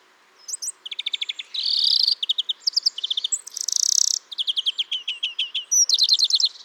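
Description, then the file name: European greenfinch song mixing fast rattling trills, twittered chirps and a harsh drawn-out buzzing wheeze in the middle. "Chloris chloris"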